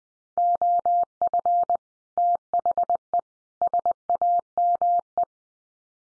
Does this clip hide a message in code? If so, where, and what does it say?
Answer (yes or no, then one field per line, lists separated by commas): yes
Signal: Morse code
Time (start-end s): 0.4-5.2 s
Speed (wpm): 20 wpm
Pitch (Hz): 700 Hz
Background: none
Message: OF THE SAME